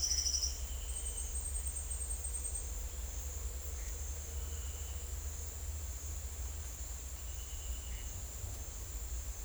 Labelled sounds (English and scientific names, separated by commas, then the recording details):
none
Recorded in secondary vegetation near Puerto Asís, Putumayo, Colombia, on 20 December 2024 at 09:30
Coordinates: 0.488, -76.319
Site GP04